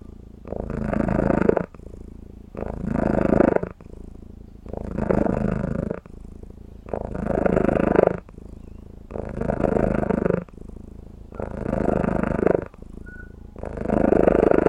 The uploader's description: Cold cat purrrin on my lap